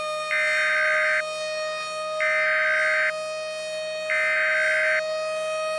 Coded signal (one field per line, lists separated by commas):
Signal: Emergency Alert System (SAME) tones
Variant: header bursts